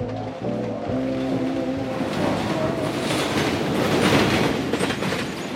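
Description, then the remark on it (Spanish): A train rumbles steadily along the rails at Ojo Caliente railway station, with a dense low clatter of wheels and a few sustained tonal hums early on, continuous and fairly loud throughout, no voices. “Estación Ojo Caliente del Ferrocarril.”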